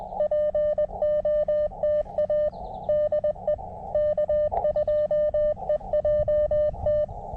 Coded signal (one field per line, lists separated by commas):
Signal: Morse code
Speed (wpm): 20 wpm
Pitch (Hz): 600 Hz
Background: none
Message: POTA DE K2EJT